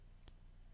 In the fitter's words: Click. Just like that, and there's your gorgeous finished bracelet, just like this.